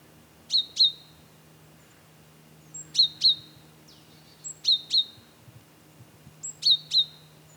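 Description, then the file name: Great tit calling in crisp, high paired notes every few seconds over a steady low hum. "Parus major"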